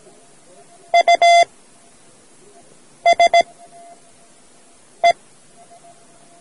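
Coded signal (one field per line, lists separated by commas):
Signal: Morse code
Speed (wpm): 17 wpm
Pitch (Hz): 690 Hz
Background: none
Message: USE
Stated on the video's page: Morse code learning lesson from a radio society audio cassette.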